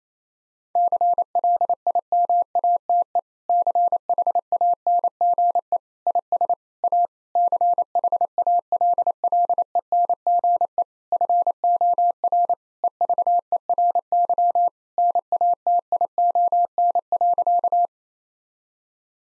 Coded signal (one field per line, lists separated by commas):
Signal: Morse code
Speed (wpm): 28 wpm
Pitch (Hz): 700 Hz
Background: none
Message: CLIMATE CHANGE IS A CHALLENGE FOR EVERY NATION.